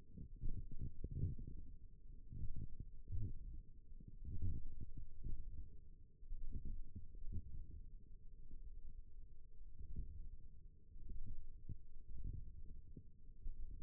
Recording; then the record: forearm muscle sounds (acoustic myography)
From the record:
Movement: wrist flexion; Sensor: system 1, eight BSWA MPA416 microphones around the upper forearm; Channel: 2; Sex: female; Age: 21 years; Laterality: right